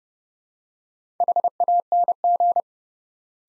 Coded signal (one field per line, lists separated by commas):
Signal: Morse code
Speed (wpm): 31 wpm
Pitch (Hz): 700 Hz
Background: none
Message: HANG